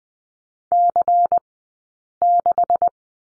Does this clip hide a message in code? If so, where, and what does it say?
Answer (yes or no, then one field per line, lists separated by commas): yes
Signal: Morse code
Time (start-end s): 0.7-2.9 s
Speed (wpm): 20 wpm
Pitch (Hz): 700 Hz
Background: none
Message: C6